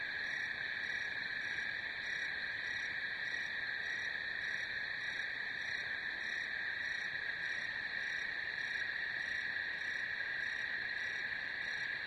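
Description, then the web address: Steady cricket chirping forms a continuous shrill hum, with faint regular pulses layered above, and no other sounds heard. "сверчки"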